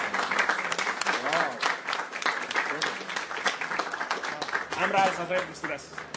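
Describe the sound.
An audience applauds steadily for several seconds, a dense, even wash of many hands clapping, with scattered voices calling out beneath it and a brief vocal rise near the end.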